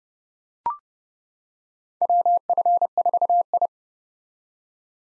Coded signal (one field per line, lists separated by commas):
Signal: Morse code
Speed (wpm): 31 wpm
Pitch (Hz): 700 Hz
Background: none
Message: WF4I